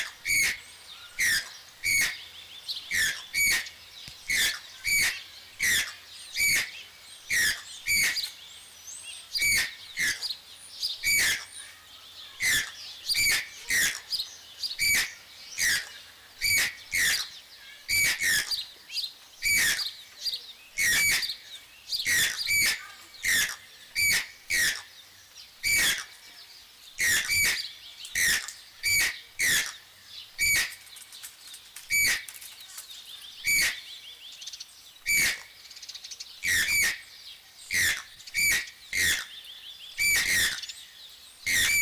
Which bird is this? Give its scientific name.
Ramphastos vitellinus